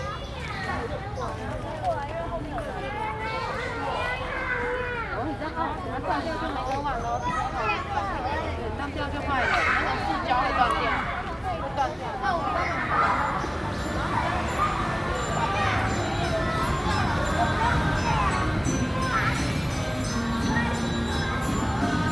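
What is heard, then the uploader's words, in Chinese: Evening in a park, where many voices of people and children overlap in a steady, busy chatter for the whole stretch. Traffic rumbles low underneath. Bursts of birds chirping returning to the trees rise above the talk, strongest past the middle. 傍晚，樹德公園和它的週邊。隨著四週放學和下班車聲一同響起的，不只公園裡的人聲，也有樹上回巢的鳥們。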